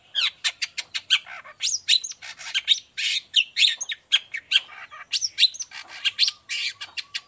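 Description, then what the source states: Long-tailed shrike song: dense, varied chatter of harsh rasps and rising and falling whistles running without a break. Morning 'gacor' (vigorous full song) with 'toet toet' notes, full variation and clear voice, said to be easy for any type of cendet to imitate.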